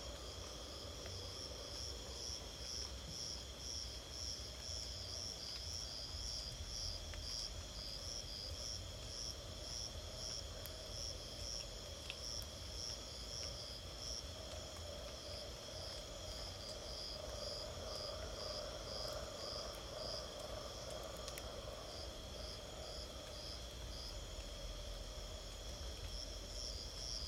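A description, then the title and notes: Sunrise in a Kenyan rainforest, filled with a dense, unbroken chorus of crickets and other insects. Steady high pulsing trills run through all 27 seconds, over a constant low rumble and a mid-pitched hum that swells slightly near the middle. Occasional faint clicks stand out. Sunrise at Rondo. Sounds from Kenya's Kakamega Rainforest, on Rondo Reserve.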